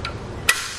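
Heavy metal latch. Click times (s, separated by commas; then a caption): 0.5 s. A RockyMounts BackStage 2-bike platform rack on a 2017 Jeep Wrangler Unlimited has its blue release handle pulled out, and the folded rack is pushed up against the vehicle. A soft tick at 0.05 s is followed by a loud, sharp metal click at 0.5 s as the latch engages. The rack locks in its upright position.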